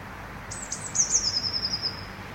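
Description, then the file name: Eurasian blue tit giving a single high, thin trill that starts abruptly and slides gently downward over about one and a half seconds, over a steady background hiss. "cinciarella"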